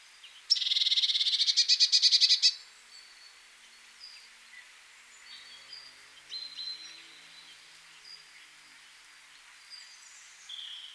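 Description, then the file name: Eurasian blue tit call: a sharp high note, then a rapid buzzy churr of many pulses lasting about two seconds, followed by faint scattered chirps. "Cyanistes caeruleus"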